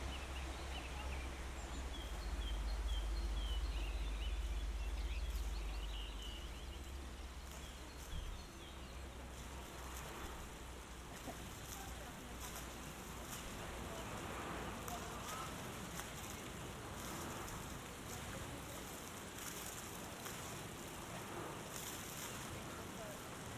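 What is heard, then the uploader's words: An outdoor riverside scene on the Ohře, with a steady wash of moving water filling the whole clip. A low engine rumble is strong for the first eight seconds, then fades, leaving faint bird chirps and occasional clatter over the flowing water. Binaural production. Generative soundscape based on a two-dimensional random walk between four binaural soundscapes recorded on the North Bohemian river Ohře/Eger between 16 and 18 May 2023.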